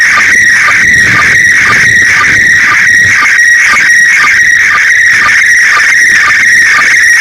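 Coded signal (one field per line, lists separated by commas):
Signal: SSTV (slow-scan television)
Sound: warbling, scratchy tones with a regular chirping tick about twice per second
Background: radio static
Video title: รับสัญญาณ ARISS SSTV ริมหาดบางแสน by E25CHP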